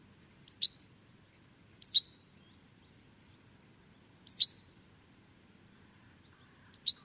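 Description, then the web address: Bird calling with quick, high, paired chips. Four pairs over seven seconds at uneven intervals, with a soft low rumble underneath. "Deverinetal. Bird Only"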